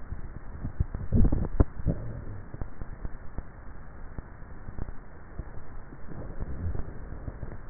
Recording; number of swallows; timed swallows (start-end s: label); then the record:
swallowing sounds by neck microphone; 1
0.95-1.88 s: swallow
From the record:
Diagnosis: dysphagia